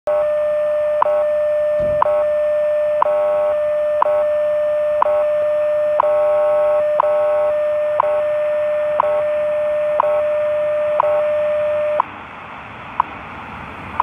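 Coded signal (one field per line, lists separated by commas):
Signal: radio time signal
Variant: WWV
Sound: steady mid-pitched tone broken by a sharp tick every second, about 12 ticks, then tone stops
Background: radio static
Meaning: Each tick marks one second; the 600 Hz tone is the standard audio tone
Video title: WWV, 10 MHz from San Francisco, California -- 3:12, 5 May 2020 (UTC)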